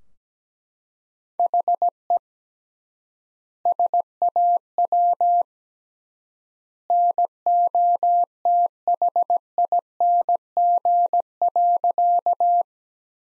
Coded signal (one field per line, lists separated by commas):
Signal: Morse code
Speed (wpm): 17 wpm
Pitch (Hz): 700 Hz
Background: none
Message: HE SAW NOTHING.